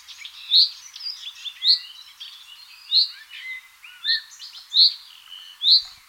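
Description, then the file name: Common chaffinch giving sharp, bright notes repeated about once a second, with softer twittering notes between them. "Fringilla coelebs"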